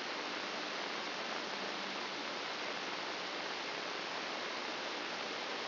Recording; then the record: brain microelectrode recording played as sound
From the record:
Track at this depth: inside the subthalamic nucleus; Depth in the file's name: 0.229 mm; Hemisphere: left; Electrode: 2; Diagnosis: Parkinson's disease